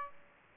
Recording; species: mosquito wingbeat signal from an infrared sensor; Aedes aegypti